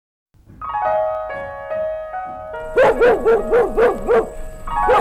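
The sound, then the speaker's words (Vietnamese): A dog gives a drawn-out, high whining howl, then breaks into a quick, steady run of about six loud, sharp barks, with no one talking over it. “Đừng có sủa nữa. Sủa hoài ta sốt ruột quá rồi đó.”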